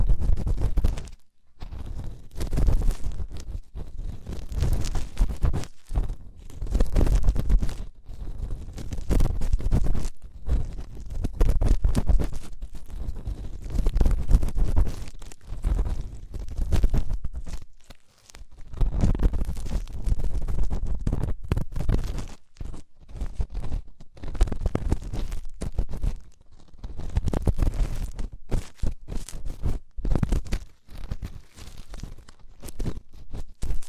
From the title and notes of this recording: ASMR INTENSE Deep Ear Cleaning (No Talking).